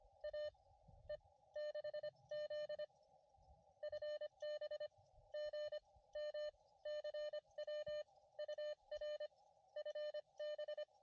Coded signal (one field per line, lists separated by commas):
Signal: Morse code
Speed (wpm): 24 wpm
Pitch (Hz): 600 Hz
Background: none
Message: AE6Z FB GM CW UR FB